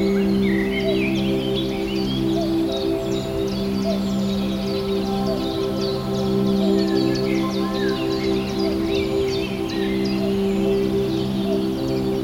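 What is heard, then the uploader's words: A forest ambience of dense, overlapping birdsong, with many quick chirps and short whistles scattered through the whole twelve seconds. Beneath them runs a steady, ringing low hum, like sustained bowl-like tones, holding an even level throughout. Magical Relaxing Forest Ambience.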